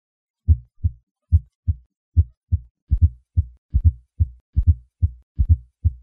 Fourth Heart Sound. Requires the use of the bell of the stethoscope applied lightly to the cardiac apex with the patient in the left lateral position. Although the fourth heart sound originates in the ventricular wall, it requires a forceful atrial contraction to be audible. Rather, it is an indication that ventricular compliance is abnormal.